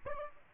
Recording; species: mosquito wingbeat signal from an infrared sensor; Aedes aegypti